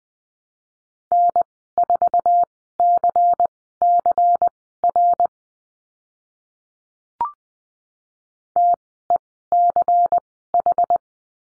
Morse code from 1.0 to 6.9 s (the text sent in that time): N4CCR